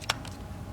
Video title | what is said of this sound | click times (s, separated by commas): DSLR Camera Basics | same with the batteries there's these little gray buttons and you just press on the button and the battery pops out | 0.1 s